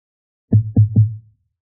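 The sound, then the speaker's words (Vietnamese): Three quick, heavy knocks on a door from outside in steady succession, each a dull low thud with a short resonant ring that fades after the last one; no voices. “Tiếng gõ cửa từ bên ngoài vang lên”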